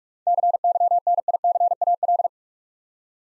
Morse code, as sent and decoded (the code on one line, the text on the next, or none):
-.-. -.-- -. .. -.-. .- .-..
CYNICAL